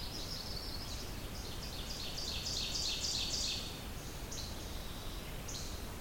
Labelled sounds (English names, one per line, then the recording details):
Ovenbird song
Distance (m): 55 m
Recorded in boreal forest in Alberta, Canada, on 30 June 2016 at 05:12
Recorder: SongMeter 3, array SBT-6-79
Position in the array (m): 9 m, 95 m
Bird 40